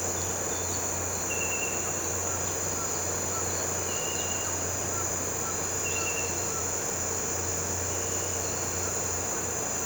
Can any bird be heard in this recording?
no